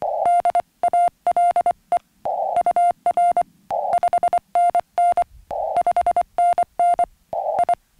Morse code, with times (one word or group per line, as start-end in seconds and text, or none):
0.3-2.0 DALE
2.6-3.4 UR
3.9-5.2 5NN
5.8-7.0 5NN
7.6-7.7 I